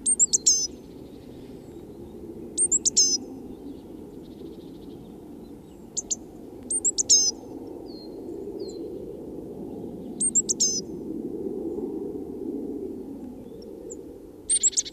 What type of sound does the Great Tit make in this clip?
call